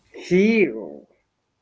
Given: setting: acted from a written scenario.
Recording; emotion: vocal sound without words; disgust